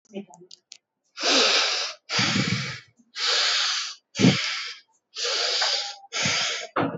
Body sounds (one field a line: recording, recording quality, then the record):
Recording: shallow breathing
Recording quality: excellent, no background noise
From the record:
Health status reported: exposed to COVID-19, no respiratory illness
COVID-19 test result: not tested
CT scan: not taken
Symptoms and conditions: cold, fatigue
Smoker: no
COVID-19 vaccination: one dose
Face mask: not worn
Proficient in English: yes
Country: India